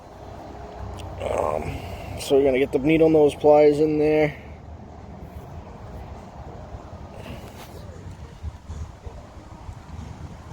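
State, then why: Not seated. Someone talks while needle-nose pliers are worked into a plastic wire harness connector housing on a 2011 Harley-Davidson Dyna Street Bob to grip a wire terminal pin before pulling it out. After the talking, only a low steady background hum and faint handling noises remain. Nothing has seated or clicked yet; the pliers are still being positioned on the terminal.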